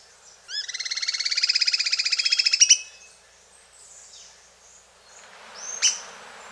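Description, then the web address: Bird giving a rapid rattling trill of about two seconds that builds slightly in loudness, followed by a single sharp high note and soft background chirps. Costa Rican cloud forest; song and call. "Birds of the Costa Rican Cloud Forest 59 Song and call"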